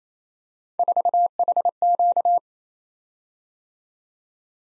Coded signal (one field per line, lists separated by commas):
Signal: Morse code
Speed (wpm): 27 wpm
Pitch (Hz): 700 Hz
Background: none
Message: 4HQ